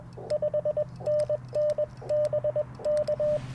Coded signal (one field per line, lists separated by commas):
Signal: Morse code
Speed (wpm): 21 wpm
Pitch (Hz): 600 Hz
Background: radio noise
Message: 5NNBK